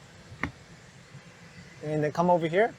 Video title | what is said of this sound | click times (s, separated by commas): How to replace a 2021 Infiniti QX50 side view mirror - ReveMoto | i guess like um support and just pull and you hear it click like that and then | 0.4 s